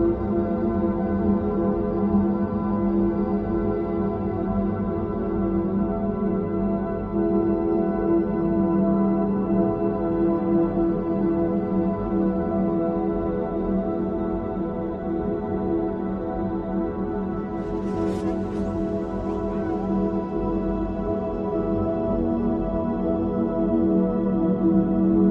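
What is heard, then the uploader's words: Binaural beats form a dense, steady drone of layered low tones, with a brief shimmering chime-like swell around eighteen seconds. These beats are created by playing slightly different frequencies in each ear, which leads to a perceived pulsing sound in the brain. Binaural Beats.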